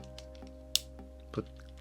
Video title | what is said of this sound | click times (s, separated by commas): Transformers Power of the Primes BEACHCOMBER (2017) | plug that together put those together satisfying click and | 0.8 s